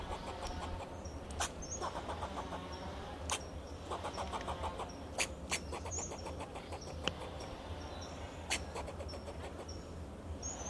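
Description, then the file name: Fox squirrel calling in rapid clucking series, several runs in succession, with sharp clicks. Faint bird chirps and a steady low hum sit behind. "Sound of a Fox Squirrel"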